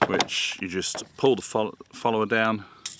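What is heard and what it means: Someone talks while handling the plastic-and-metal 41-round BB magazine of an H&K MP5K PDW airgun by Umarex, starting to pull its spring follower down toward the bottom, where it locks. A brief sharp sound comes near the end at about 2.9 s, but the follower has not yet reached the bottom, and nothing has seated or clicked yet.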